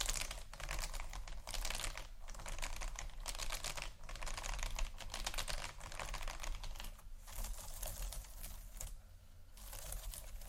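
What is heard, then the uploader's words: Beads and pearls rattle and click against each other in a dense, bright stream of tiny ticks. The clatter runs almost without pause, with short dips around 2, 4 and 9 seconds, over a faint low hum underneath. ASMR Beads And Pearls（No Talking）.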